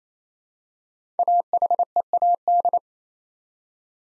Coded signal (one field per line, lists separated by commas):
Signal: Morse code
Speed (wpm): 27 wpm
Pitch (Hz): 700 Hz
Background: none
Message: AHEAD